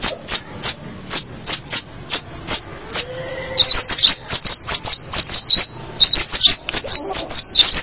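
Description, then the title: Long-tailed shrike song of rapid sharp clicking notes repeated more than twice a second, later mixed with squeaky, twisting whistled phrases. "Kicau Burung Pentet"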